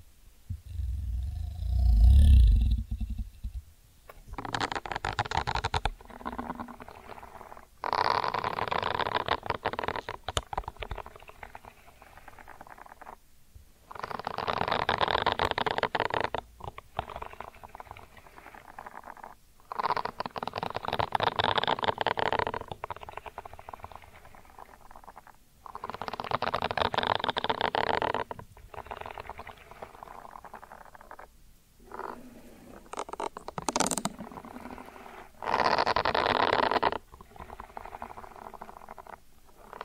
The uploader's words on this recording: ASMR 10 Sleep Inducing Ear Cleaning Triggers with 3D Brain Penetration (No Talking).